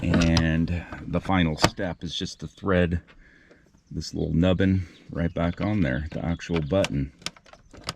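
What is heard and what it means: Someone talks while a small plastic button cap is handled and threaded back onto the dome light switch plunger of a 1999-2006 Chevrolet Silverado. Brief sharp handling ticks come near the end, but nothing has seated or clicked yet.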